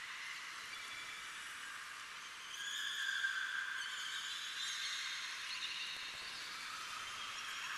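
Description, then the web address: Birds chirping and squeaking in a dense overlapping chorus, high thin whistles and squeals layered over a steady hiss, growing busier midway. Cave ambience with heavy bird chirps and squeaks. "Hollywood Edge sound designer's toolkit v 2 Bird Ambience In Cave Heavy Bird Chirps and Squeaks"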